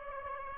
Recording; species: mosquito wingbeat signal from an infrared sensor; Aedes aegypti